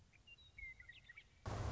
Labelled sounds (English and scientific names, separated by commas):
Western Meadowlark (Sturnella neglecta)